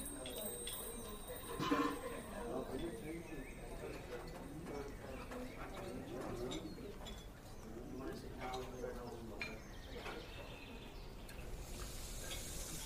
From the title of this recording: Fantasy fairy cafe asmr ambience